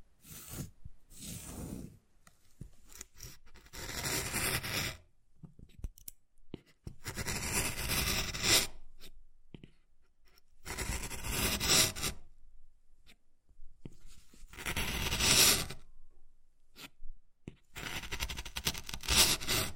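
Wood carving with bursts of scratchy scraping strokes, separated by short silences, recurring every couple of seconds with occasional sharp taps.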